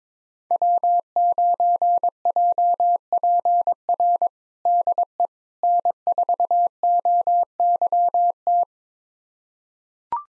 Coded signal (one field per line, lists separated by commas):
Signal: Morse code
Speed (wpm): 21 wpm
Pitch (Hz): 700 Hz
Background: none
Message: W9JPR DE N4OYT